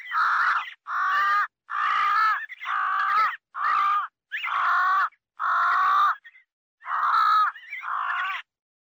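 Crow cawing, a series of about nine harsh, drawn-out caws with short gaps between them, fairly steady and loud throughout.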